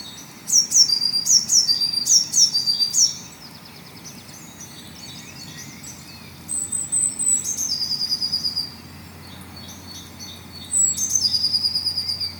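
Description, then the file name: Eurasian blue tit calls, a rapid string of high falling notes at the start, then shorter, quieter bursts later on. "Cyanistes caeruleus"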